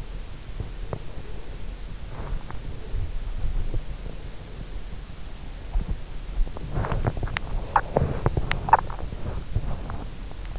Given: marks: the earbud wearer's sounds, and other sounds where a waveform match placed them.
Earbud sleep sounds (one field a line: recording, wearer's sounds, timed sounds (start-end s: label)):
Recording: sounds in sleep by an in-ear microphone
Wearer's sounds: body movement, teeth grinding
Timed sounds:
0.00-4.91 s: body movement
6.20-10.59 s: body movement
6.59-9.16 s: teeth grinding